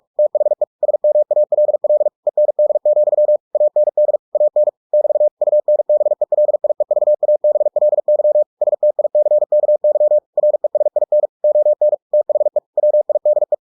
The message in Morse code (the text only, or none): THE SMALL END, AND AN <BT> UNBELIEVABLY STICKY RESIN ON THE WIDE